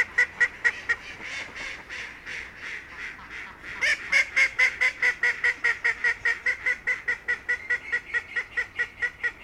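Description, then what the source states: Duck calls, a long rapid series of nasal, evenly spaced notes, softer for a while, then resuming louder halfway through. Recorded at Effelder Waldsee on 20 December 2021 with a Zoom recorder.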